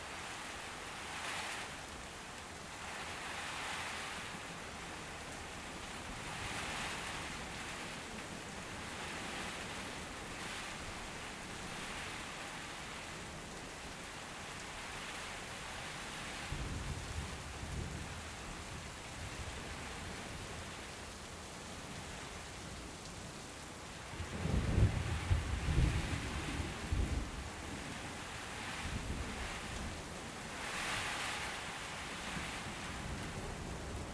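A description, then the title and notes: Steady rain hisses throughout with soft swelling gusts, and low rumbling thuds of distant storm noise arrive around seventeen and twenty-five seconds. Background storm and rain sounds.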